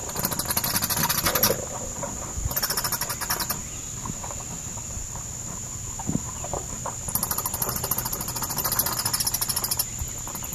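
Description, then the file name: Myotis bat chatter in rapid clicking, buzzy bursts lasting one to three seconds, separated by quieter gaps, over a steady high electronic whine and low rumble. Roosting bats recorded at Congaree, South Carolina, on 30 October 2006. "OMV-10-30-06-Congaree SC Roosting Myotis"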